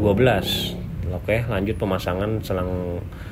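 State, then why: Not seated. A fuel hose quick-connector is being handled for fitting onto a motorcycle fuel injector while someone talks throughout. Nothing has seated or clicked yet; the connector is not yet home when the clip ends.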